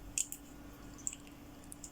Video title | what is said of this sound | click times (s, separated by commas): Tut'armes: Démontage de la culasse du Gewehr 98 et successeurs | deuxième clic un peu plus difficile à passer | 1.1 s